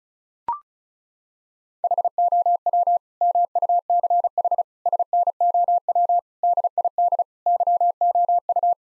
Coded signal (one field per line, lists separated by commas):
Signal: Morse code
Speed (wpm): 34 wpm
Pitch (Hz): 700 Hz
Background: none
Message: HOW MUCH SNOW DID YOU